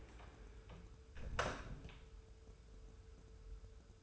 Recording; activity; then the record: daily activity, microphone in the room; close door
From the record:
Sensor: 2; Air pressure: 1015.0 hPa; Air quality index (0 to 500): 126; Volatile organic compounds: 4 ppm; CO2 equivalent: 1623 ppm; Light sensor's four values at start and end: 13/36/14/16 and 13/36/14/16